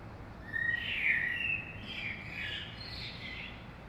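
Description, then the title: Common blackbird song: a fluted warbled phrase, then a higher, scratchy twittering tail, over faint steady background hum. Saint-Gilles, Belgium; early morning; recorded with DPA 2006c microphones in AB stereo into a Zoom F3. "Saint-Gilles, Belgique - Blackbird - Merle"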